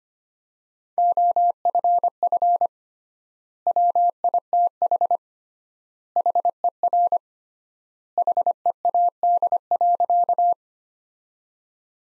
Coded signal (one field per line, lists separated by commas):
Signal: Morse code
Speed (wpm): 25 wpm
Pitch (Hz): 700 Hz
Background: none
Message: OFF WITH HER HEAD.